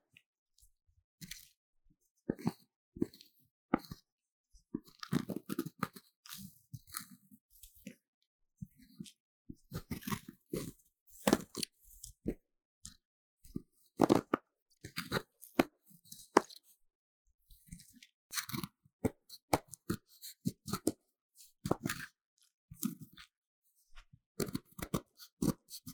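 A block of magnesium is scraped in a long run of short, gritty strokes. Each scrape is a brief crunchy burst with a dry rasp and bright fizzing edges, separated by near silence. The strokes come irregularly, bunching into quick clusters around the middle and end.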